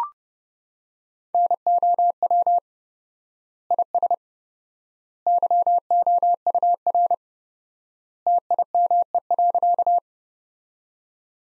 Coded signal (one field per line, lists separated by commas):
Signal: Morse code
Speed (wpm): 30 wpm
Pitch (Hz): 700 Hz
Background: none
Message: NOW IS YOUR TIME.